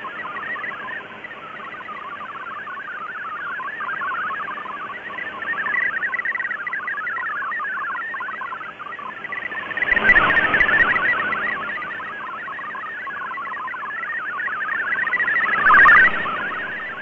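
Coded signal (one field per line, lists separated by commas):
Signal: multi-tone FSK (Olivia or MFSK type)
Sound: rapid warbling melody of stepping tones over shortwave hiss, continuous throughout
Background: radio static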